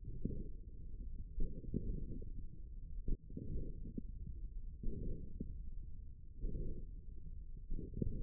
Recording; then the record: forearm muscle sounds (acoustic myography)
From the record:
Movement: hook grip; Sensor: system 1, eight BSWA MPA416 microphones around the upper forearm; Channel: 7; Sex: male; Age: 54 years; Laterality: right